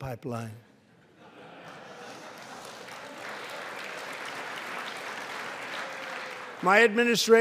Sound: laughter and applause

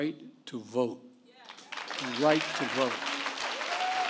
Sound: applause

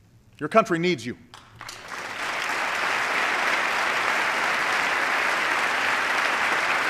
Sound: applause

